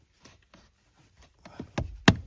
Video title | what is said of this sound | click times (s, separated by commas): Nissan Altima 2019-2025 : How to Change the Cabin Air Filter Step by Step | Okay, it clicked in place, perfect. | 2.1 s